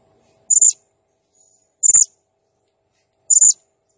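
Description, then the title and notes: Blue-crowned hanging parrot giving three short, piercing high chirps, spaced about one and a half seconds apart, with silence between them. Serindit in full, energetic song (gacor, 'nembak' style), used as a masteran training sound and lure for other birds. "Burung Serindit Nembak Gacor Bikin Emosi Semua Burung. Suara Nasteran Dan Pemikat Burung Serinditan Gacor"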